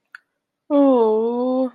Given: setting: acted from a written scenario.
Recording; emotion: vocal sound without words; sympathy